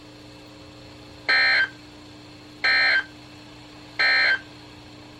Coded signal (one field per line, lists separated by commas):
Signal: Emergency Alert System (SAME) tones